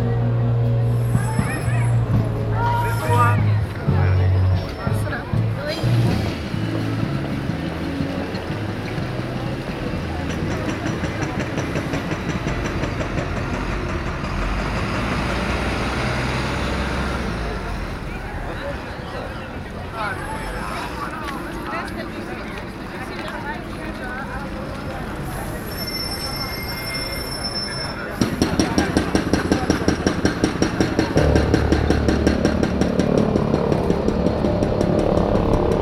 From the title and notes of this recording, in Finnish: Ääniteos Brunnsparkenista – kiireiseltä aukiolta Göteborgista, Etelä-Ruotsissa. Aukio kuhisee hmisiä ostoskasseineen, asunnottomia, teinejä jotka hengailevat suihkulähteellä. Raitiovaunuja, busseja, autoja, polkupyöriä ja rekkoaja.